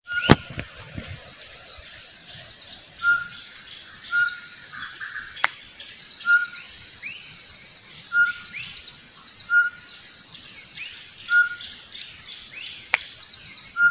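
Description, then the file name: Short-tailed batis giving short, pure whistled notes on one steady pitch, repeated every one to two seconds, while other birds chatter and twitter busily in the background. "Batis mixta"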